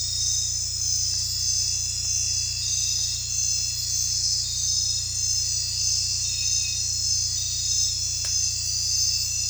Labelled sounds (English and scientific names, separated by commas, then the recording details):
none
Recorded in dense forest near Puerto Asís, Putumayo, Colombia, on 16 December 2024 at 21:00
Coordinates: 0.467, -76.328
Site GP05